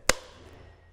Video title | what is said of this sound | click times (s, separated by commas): Icengineworks - 3000FE (3"OD) Turbo Downpipe Modelling Block Set | the uh the straights will just clip on the end as well again they're a good fit and they snap into place | 0.1 s